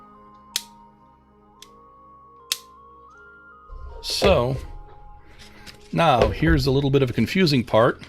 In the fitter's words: each position will lock into place